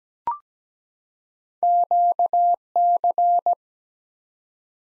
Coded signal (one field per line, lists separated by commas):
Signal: Morse code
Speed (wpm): 17 wpm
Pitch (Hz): 700 Hz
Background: none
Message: QC